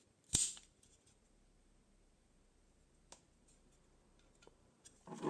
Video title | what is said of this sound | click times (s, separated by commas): LED Death Star Desk Lamp - Assembly Guide | click these parts together by pressing the three corners in you should hear and feel some nice clicks | 0.3 s, 3.1 s